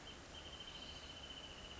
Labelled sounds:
Wrentit

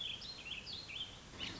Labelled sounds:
Warbling Vireo

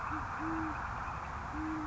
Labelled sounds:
Great Horned Owl

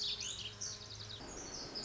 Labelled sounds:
Pacific Wren

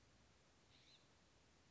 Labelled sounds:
California Scrub-Jay

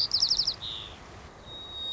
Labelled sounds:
White-crowned Sparrow

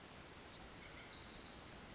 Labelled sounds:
Pacific Wren

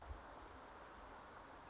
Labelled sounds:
Song Sparrow

